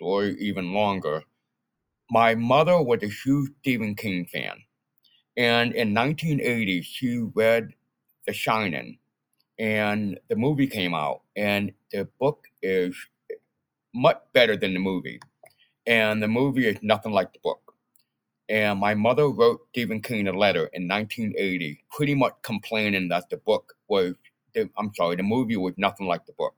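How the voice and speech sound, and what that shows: Adult man, 49 years old, speaking at a steady pace with normal pauses. He has a speech impediment: some sounds are distorted, with the st-cluster in "Stephen" simplified so it comes out close to "Deven", and the voice has a somewhat nasal quality.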